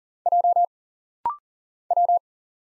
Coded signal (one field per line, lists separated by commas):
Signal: Morse code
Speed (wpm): 40 wpm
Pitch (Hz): 700 Hz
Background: none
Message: J W